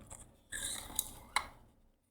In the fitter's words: and it clicked in place it was twisting clockwise and locking in that way when you